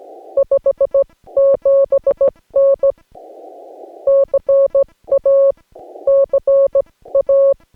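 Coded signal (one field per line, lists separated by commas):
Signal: Morse code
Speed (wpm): 16 wpm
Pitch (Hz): 550 Hz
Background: none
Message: 57N CA CA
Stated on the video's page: POTA CW activation from Pinnacles National Park: Yaesu FT-891, 50 watts, US Morse straight key, 17-ft whip on tripod, battery power.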